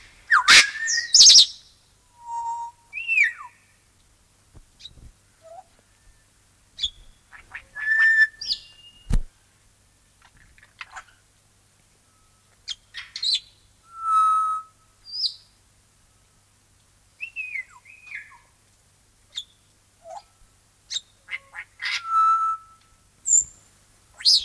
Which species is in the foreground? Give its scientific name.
Psittacus erithacus